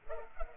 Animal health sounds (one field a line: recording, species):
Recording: mosquito wingbeat signal from an infrared sensor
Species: Culex pipiens